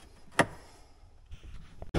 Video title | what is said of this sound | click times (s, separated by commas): Can Am Commander Electronic Dash Holder Install | right, so there's the bracket snapped back into place. | 0.4 s